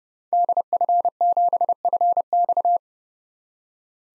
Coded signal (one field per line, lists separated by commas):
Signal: Morse code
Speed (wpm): 31 wpm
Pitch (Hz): 700 Hz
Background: none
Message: DF7FX